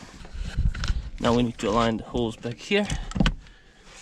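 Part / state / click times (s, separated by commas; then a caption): front seat wiring plug into the car's floor connector / seated / 0.8 s. A BMW F2x/F3x front seat's electrical wiring plug is pushed into the car's floor connector during refitting, and it gives a sharp short click at 0.8 s, showing it has seated. Someone talks throughout, and more brief knocks sound near 3.2–3.3 s.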